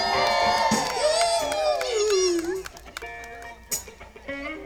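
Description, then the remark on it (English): A crowd at a live show at Feel Good Farm cheers and roars loudly, many high-pitched voices whooping and shouting together, the din holding strong for a couple of seconds before thinning into scattered shouts. “Give us one more little roar from Feel Good Farm. I want to hear it.”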